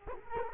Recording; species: mosquito wingbeat signal from an infrared sensor; Culex quinquefasciatus